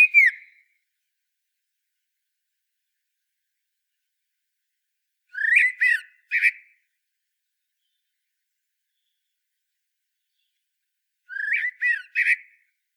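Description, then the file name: Common blackbird sounds in three short bursts: a brief whistled note at the start, then two clipped twittery phrases several seconds apart, silence between. "Turdus merula"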